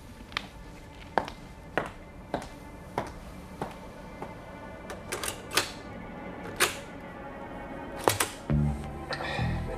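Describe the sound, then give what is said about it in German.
A series of sharp mechanical clicks and clunks at uneven intervals as a cassette is put into a cassette recorder and a stereo system is switched on, ending in a brief louder rattle. “Green gab ihr eine Kassette, sie stand auf und schaltete die Stereoanlage ein.”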